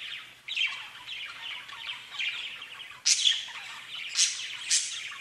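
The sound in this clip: Budgerigar: soft budgie twittering that grows livelier, with three piercing high chirps in the second half.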